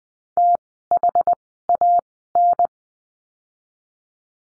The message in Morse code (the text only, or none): THAN